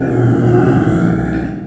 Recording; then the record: squeal of a Yucatan mini pig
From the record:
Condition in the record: after surgery on the right vocal fold (resection and tissue-engineered implant); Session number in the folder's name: 3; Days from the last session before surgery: 21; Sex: female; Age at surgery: 19 weeks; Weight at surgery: 25 kg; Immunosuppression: prednisolone